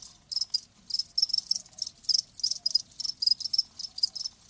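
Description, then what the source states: Cricket chirps in rapid high bursts. Crickets chirping, presented as lulling sleep sounds.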